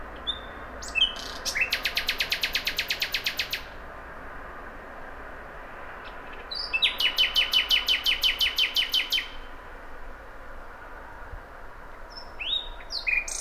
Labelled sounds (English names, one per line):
Common Nightingale song